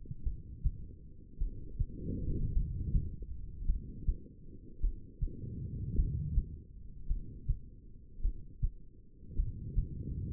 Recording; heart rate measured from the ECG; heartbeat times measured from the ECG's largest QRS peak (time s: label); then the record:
heart sounds by stethoscope; 53 bpm
0.23 s: heartbeat
1.38 s: heartbeat
2.53 s: heartbeat
3.65 s: heartbeat
4.80 s: heartbeat
5.95 s: heartbeat
7.07 s: heartbeat
8.21 s: heartbeat
9.35 s: heartbeat
From the record:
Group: heart failure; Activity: rest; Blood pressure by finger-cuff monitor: 81/55 mmHg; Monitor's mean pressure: 65 mmHg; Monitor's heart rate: 53 bpm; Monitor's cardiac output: 2.6 L/min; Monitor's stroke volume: 51 mL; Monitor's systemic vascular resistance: 1730 dyn s/cm5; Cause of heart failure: non-ischemic cardiomyopathy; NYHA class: 1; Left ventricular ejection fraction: 52%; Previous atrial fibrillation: present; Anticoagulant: apixaban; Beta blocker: bisoprolol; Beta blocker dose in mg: 10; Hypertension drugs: sacubitril-valsartan, spironolactone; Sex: female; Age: 68 years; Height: 169 cm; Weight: 71 kg